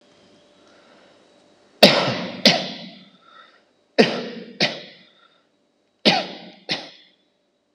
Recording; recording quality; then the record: shallow voluntary cough; moderate, slight background noise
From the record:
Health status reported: healthy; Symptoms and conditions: none ticked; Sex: male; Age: 27 years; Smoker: yes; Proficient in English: yes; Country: India